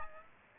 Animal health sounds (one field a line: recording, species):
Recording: mosquito wingbeat signal from an infrared sensor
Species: Aedes aegypti